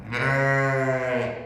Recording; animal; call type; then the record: contact call of a hoofed animal; sheep; low-frequency (closed-mouth) or high-frequency (open-mouth) call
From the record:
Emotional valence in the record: negative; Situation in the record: short social isolation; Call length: 1.45 s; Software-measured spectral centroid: 1700 Hz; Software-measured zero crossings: 1810 a second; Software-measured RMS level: -24 dBFS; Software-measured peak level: -10 dBFS